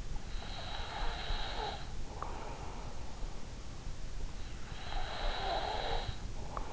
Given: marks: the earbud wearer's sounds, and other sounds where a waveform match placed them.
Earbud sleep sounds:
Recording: sounds in sleep by an in-ear microphone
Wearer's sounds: breath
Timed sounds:
0.05-2.73 s: breath
4.05-6.73 s: breath

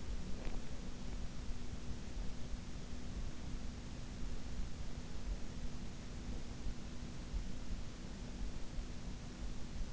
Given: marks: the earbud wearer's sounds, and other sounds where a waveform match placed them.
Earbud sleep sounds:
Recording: sounds in sleep by an in-ear microphone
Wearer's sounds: teeth grinding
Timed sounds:
0.00-0.86 s: teeth grinding

